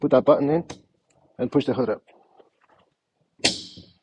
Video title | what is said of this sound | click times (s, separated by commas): How to replace the spark plugs - Mercedes S550 - m278 - 2014 - 2017 - change spark plugs | that's it you heard that click that lock stays in place | 3.5 s